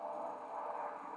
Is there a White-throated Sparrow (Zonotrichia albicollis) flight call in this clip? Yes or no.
no